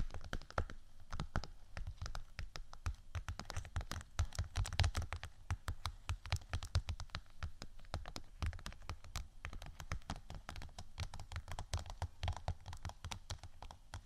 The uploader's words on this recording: ASMR Tapping & Scratching 5 Types Of Vinyl（No Talking）.